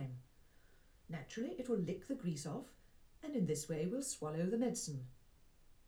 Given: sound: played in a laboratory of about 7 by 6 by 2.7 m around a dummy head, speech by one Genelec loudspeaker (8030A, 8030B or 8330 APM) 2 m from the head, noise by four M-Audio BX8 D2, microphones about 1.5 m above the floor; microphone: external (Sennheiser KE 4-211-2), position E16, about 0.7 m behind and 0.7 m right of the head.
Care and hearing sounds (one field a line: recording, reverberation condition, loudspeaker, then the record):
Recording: female speech in English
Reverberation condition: low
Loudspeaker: 30 degrees to the right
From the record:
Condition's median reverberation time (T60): about 310 ms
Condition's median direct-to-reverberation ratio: about 3.5 dB